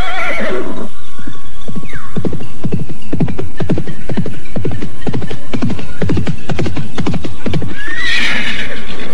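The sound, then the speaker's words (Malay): A horse named Tunggul whinnies with a high, wavering call, then a steady run of loud hoofbeats clip-clops in a quick, even rhythm before another shrill neigh rises at the end. “Benar-benar kuda yang hebat.”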